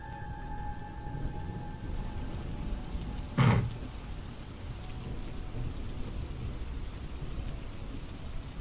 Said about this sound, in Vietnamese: Rồi sau đó, cô nghe tiếng mưa rào rào vang lên từ đâu. Tại sao? Tại sao cái tiếng mưa này quen thuộc như vậy?